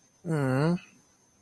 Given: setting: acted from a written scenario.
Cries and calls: vocal sound without words; sympathy

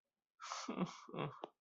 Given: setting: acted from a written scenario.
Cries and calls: vocal sound without words; sadness

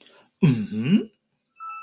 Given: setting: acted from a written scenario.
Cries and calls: vocal sound without words; confusion

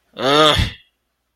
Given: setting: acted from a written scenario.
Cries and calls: vocal sound without words; anger

